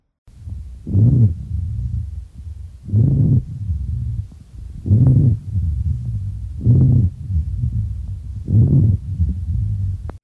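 Adult lungs heard through a stethoscope: five breath cycles in about ten seconds, roughly 30 a minute, each with a low, continuous rumbling, snoring quality through the breath. These are rhonchi, low-pitched airway sounds from secretions or obstruction, classically heard with pneumonia.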